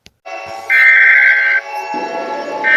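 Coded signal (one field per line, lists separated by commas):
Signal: Emergency Alert System (SAME) tones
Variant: header bursts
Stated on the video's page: Fictional EAS scenario with sirens.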